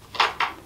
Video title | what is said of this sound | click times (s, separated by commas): Milwaukee Hatchet 6" Saw Kit 2527-21 - Unboxing Review DEMO - Continuous Cuts Until Battery Dies | so that just snaps into place | 0.2 s, 0.4 s